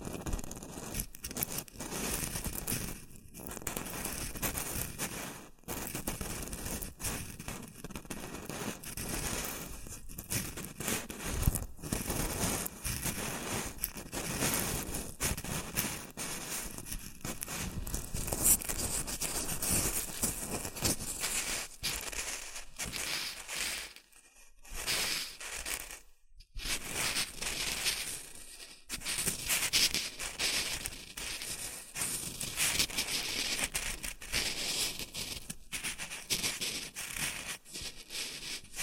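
Shredded tissue and packing peanuts rustle and crinkle without pause, a dense, busy mass of small crackling and scraping bits across low and bright sounds. Brief pauses break the handling around 3, 6 and 24–26 seconds, then the crinkling resumes at similar strength.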